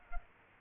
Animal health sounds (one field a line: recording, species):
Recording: mosquito wingbeat signal from an infrared sensor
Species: Culex pipiens